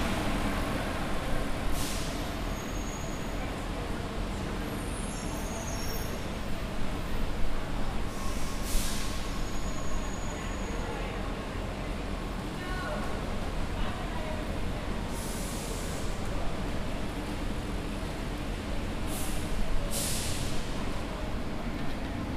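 Idling buses hum steadily and low throughout, with faint voices and short hissing bursts, like air brakes, every few seconds.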